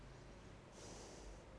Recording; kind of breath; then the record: one breath in and out by a microphone near the nose and mouth; normal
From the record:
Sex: female